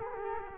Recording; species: mosquito wingbeat signal from an infrared sensor; Culex quinquefasciatus